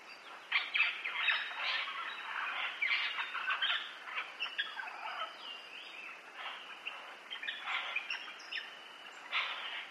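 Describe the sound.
Parrot squawks and chatter in rough, overlapping bursts.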